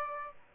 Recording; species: mosquito wingbeat signal from an infrared sensor; Aedes aegypti